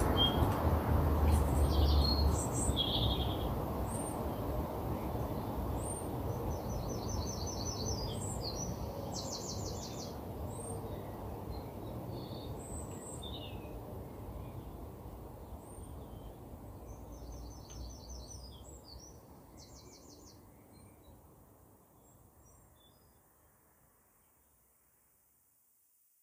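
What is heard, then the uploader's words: Birds chirp and trill throughout a birdsong soundscape, with short bright calls and a few fast repeated trills around six to nine seconds and again near eighteen seconds. A low steady rumble sits beneath, fading gradually until near silence at the end. A birdsong soundscape.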